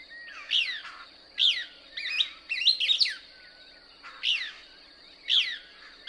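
Couch's Kingbird song, loud shrill twittering notes sweeping downward, given in short repeated bursts, with a steady high background hum.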